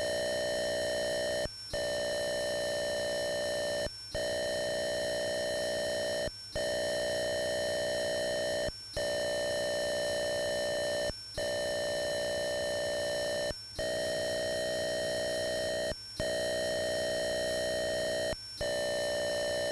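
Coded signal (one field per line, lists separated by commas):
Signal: computer data on cassette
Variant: Atari 8-bit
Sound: steady buzzy tone, briefly broken about 8 times at even intervals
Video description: Click on the link below to skip loading sequence : 03:59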